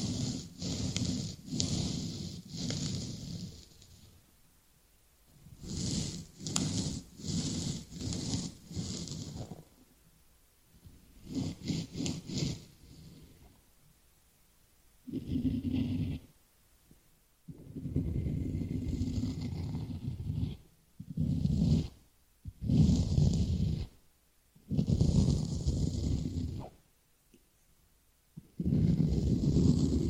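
Close ear-cleaning sounds of scratching and crinkling come in bursts, rapid rhythmic taps early, then longer rustling stretches separated by brief silences.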